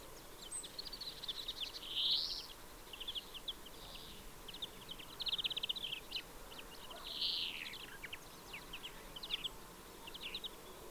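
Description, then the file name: European greenfinch calls: short high chirps and twitters in scattered bursts, with a louder downslurred note, over a steady background hiss. "Chloris chloris"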